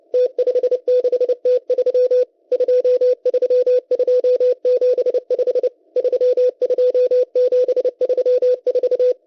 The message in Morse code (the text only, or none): T56T3 23275 32734